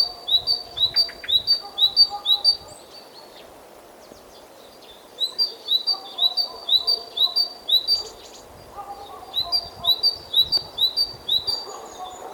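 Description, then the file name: Great tit singing bursts of quick, ringing two-note phrases, each bout lasting a few seconds before a pause. "Parus major"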